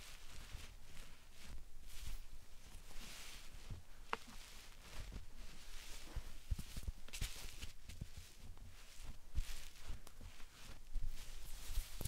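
Slime and sand being handled make a steady run of soft, crackling and squishing textures. Short hissy bursts of grainy rustle repeat every second or so, with occasional sharp clicks and pops scattered throughout and low thumps underneath.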